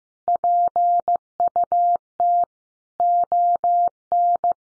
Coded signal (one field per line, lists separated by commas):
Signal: Morse code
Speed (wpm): 15 wpm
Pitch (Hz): 700 Hz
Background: none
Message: PUT ON